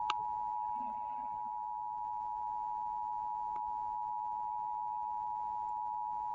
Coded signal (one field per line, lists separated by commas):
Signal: Emergency Alert System (SAME) tones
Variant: 853 and 960 Hz attention tone